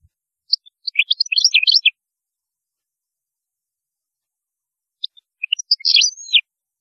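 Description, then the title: European goldfinch singing two short phrases of bright, liquid twitters and chirps, separated by a gap of about three seconds. "Chant Chardonneret"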